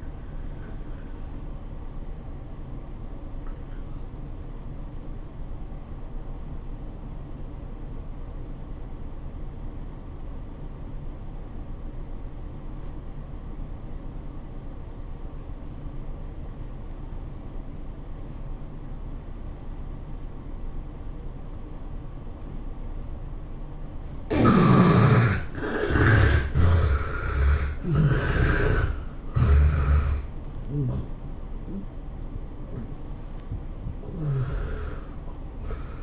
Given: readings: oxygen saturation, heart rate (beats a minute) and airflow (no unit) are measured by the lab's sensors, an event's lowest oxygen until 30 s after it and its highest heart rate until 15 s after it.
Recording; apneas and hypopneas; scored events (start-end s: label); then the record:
breathing in sleep by a smartphone at the bedside; 1
4.00-22.60 s: obstructive apnea (N1, oxygen 95% highest, then 70% lowest, heart rate 90 at the start, 105 highest)
From the record:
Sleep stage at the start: N1 (lightest sleep); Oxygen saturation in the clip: 70 to 95%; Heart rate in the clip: 81 to 105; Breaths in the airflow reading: 3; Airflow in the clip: -14.1 to 14.9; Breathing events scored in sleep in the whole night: 403 in 5.5 hours asleep